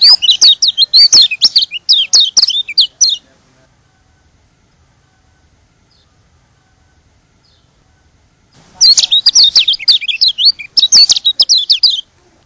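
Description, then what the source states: White-eye twittering song: a fast, high chattering phrase of about three seconds, a pause of over five seconds, then another similar jumbled phrase. Lombok.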